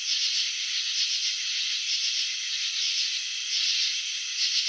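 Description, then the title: Crickets chirping in a sustained high pulsing drone, evenly loud with mild swells near the start and end. Crickets filmed in slow motion while chirping, showing wing vibrations and antenna movements. "Crickets in Slow Motion. Capturing the Elegance of Chirping"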